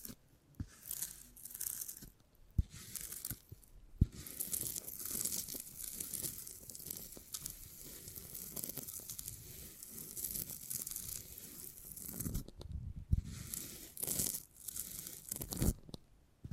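Beeswax is handled in a run of crinkly, crackling rustles that hold almost without a break for the whole stretch. Sharp clicks and taps cut in near two and a half, four and thirteen seconds. A few brief quiet gaps fall between the busier bursts.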